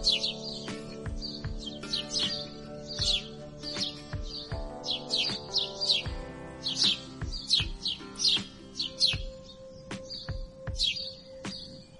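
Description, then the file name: Grey-headed sparrow chirping in a long run of sharp, falling notes, sometimes doubled, slowing toward the end, with a low mechanical hum and soft thuds beneath. "canto do pardal de cabeca cinzenta"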